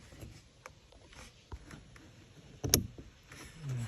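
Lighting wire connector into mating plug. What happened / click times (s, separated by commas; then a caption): The wire connector clicked into place / 2.7 s. A low-voltage lighting wire connector on a Tesla Model X is pushed into its mating plug behind the trim, to hook up lights that were left unconnected. Faint handling rustles and small knocks lead up to one loud, sharp plastic click at 2.7 s as the connector seats.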